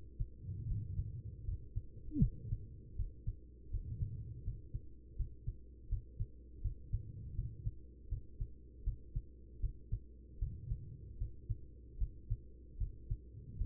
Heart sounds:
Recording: heart sounds by stethoscope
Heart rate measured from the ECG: 79 bpm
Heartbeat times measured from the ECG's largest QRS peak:
0.67 s: heartbeat
1.44 s: heartbeat
2.20 s: heartbeat
2.95 s: heartbeat
3.70 s: heartbeat
4.43 s: heartbeat
5.16 s: heartbeat
5.88 s: heartbeat
6.61 s: heartbeat
7.34 s: heartbeat
8.08 s: heartbeat
8.83 s: heartbeat
9.60 s: heartbeat
10.38 s: heartbeat
11.17 s: heartbeat
11.97 s: heartbeat
12.77 s: heartbeat
13.57 s: heartbeat
From the record:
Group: healthy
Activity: cold pressor test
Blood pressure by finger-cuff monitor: 131/80 mmHg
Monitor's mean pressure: 97 mmHg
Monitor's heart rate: 79 bpm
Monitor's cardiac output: 6 L/min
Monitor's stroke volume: 76 mL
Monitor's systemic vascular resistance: 1220 dyn s/cm5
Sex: female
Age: 43 years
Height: 160 cm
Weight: 90 kg

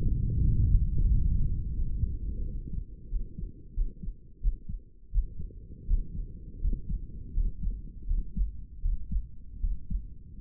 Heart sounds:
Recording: heart sounds by stethoscope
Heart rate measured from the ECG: 85 bpm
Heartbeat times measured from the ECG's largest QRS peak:
0.42 s: heartbeat
1.08 s: heartbeat
1.76 s: heartbeat
2.43 s: heartbeat
3.08 s: heartbeat
3.74 s: heartbeat
4.40 s: heartbeat
5.11 s: heartbeat
5.86 s: heartbeat
6.60 s: heartbeat
7.33 s: heartbeat
8.06 s: heartbeat
8.81 s: heartbeat
9.59 s: heartbeat
From the record:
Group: healthy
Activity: rest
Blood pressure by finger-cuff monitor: 120/75 mmHg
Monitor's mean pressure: 84 mmHg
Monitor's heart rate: 84 bpm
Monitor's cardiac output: 6.8 L/min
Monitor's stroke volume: 78 mL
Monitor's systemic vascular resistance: 870 dyn s/cm5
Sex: male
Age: 35 years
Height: 180 cm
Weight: 86.9 kg

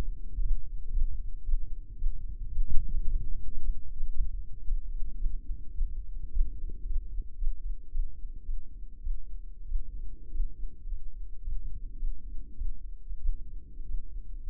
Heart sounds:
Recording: heart sounds by microphone in the left ear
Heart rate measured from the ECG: 107 bpm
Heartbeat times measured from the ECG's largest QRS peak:
0.40 s: heartbeat
0.91 s: heartbeat
1.43 s: heartbeat
1.96 s: heartbeat
2.50 s: heartbeat
3.05 s: heartbeat
3.59 s: heartbeat
4.10 s: heartbeat
4.62 s: heartbeat
5.16 s: heartbeat
5.72 s: heartbeat
6.30 s: heartbeat
6.85 s: heartbeat
7.36 s: heartbeat
7.89 s: heartbeat
8.43 s: heartbeat
9.00 s: heartbeat
9.65 s: heartbeat
10.29 s: heartbeat
10.86 s: heartbeat
11.41 s: heartbeat
11.96 s: heartbeat
12.55 s: heartbeat
13.18 s: heartbeat
13.83 s: heartbeat
14.41 s: heartbeat
From the record:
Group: healthy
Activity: rest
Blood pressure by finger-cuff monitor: 131/89 mmHg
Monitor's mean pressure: 101 mmHg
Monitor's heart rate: 108 bpm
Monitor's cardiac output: 7.8 L/min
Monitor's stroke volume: 71 mL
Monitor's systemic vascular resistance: 960 dyn s/cm5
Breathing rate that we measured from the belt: 17 breaths a minute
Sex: male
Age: 21 years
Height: 180 cm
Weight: 67.5 kg

